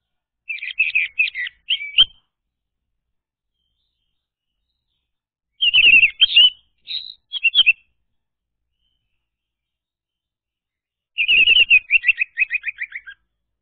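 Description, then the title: Orange-headed thrush song: three spaced phrases of quick high whistles and chirps, the last ending in a run of descending repeated notes. Played as a lure to prompt a silent bird to sing. "Anis Merah Macet.. Pancing Dengan Suara Ini.. # Anis Merah"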